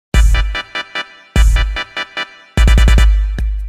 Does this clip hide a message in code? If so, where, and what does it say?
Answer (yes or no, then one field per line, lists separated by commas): no